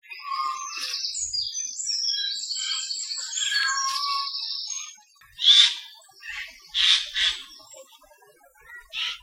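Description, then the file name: Eurasian jay calls: a stretch of varied, overlapping whistled and warbled notes, followed by several loud, harsh rasping screeches with short pauses between them. "Garrulus glandarius"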